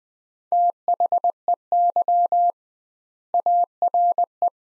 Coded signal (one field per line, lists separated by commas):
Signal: Morse code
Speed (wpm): 21 wpm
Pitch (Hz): 700 Hz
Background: none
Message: THEY ARE